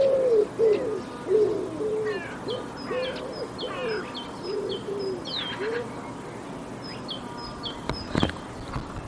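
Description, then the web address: Bird cooing, a low soft coo repeated in a steady series, with higher chirps and short whistled notes and a sharp click near the end. "cianscape birddata Deverinetal 2025 File origin Bird Only Co Pa"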